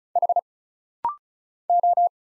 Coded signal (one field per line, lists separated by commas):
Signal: Morse code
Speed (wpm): 36 wpm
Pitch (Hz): 700 Hz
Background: none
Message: H O